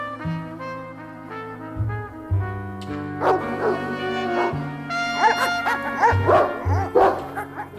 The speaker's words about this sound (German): Die Hunde springen am Maschendraht hoch, bellen wie toll.